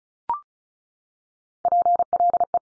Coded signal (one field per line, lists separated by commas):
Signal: Morse code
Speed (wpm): 36 wpm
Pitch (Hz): 700 Hz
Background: none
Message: PLE